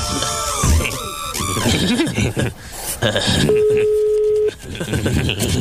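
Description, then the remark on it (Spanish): A steady, mid-pitched telephone tone holds for about a second, like a busy signal after dialing a cell phone number that is busy, during a prank call on the Panda Show, with people talking before and after it. “El número del cel que usted marcó está ocupado.”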